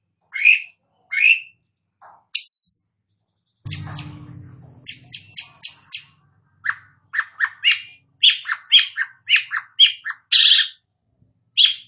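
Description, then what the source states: Long-tailed shrike song: scattered whistled notes, then a run of sharp chirps and squeaks, with a brief low rumbling noise. Called cendet; described as gacor, singing actively.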